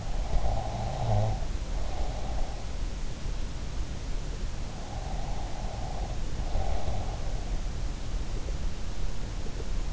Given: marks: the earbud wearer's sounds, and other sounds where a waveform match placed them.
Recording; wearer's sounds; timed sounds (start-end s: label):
sounds in sleep by an in-ear microphone; breath
0.00-2.52 s: breath